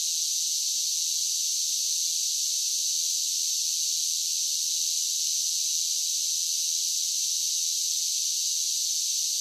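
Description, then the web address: Cicadas in a large chorus, a steady, unbroken high-pitched drone that holds even throughout with no pauses or change in rhythm. Large group of cicadas singing in a steady drone. "Blast Wave SSFX Cicadas Sing. cicadas large group steady drone insects bugs"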